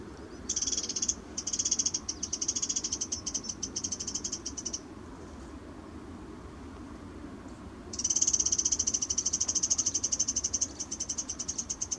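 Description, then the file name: Eurasian wren giving two long runs of rapid, sharp, high ticking notes separated by a pause, over low background noise. "Troglodytes troglodytes"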